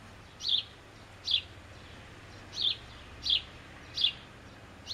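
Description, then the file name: House sparrow uttering six short, bright chirps at uneven intervals, with faint background hiss. "Passer domesticus"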